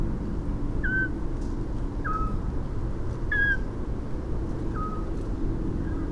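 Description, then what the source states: Eurasian scops owl giving short, clear whistled notes that repeat every second or so, over a steady low hum. Recorded at Landshut on 8 May 2018.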